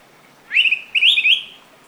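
Araripe manakin call: two bright, warbling chirpy phrases near the high treble, the second longer and rolling, in an otherwise quiet background.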